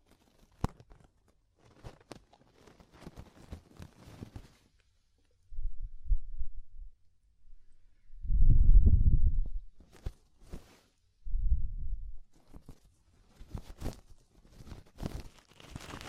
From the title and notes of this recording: DEEP Ear Penetrating Cleaning (No Talking).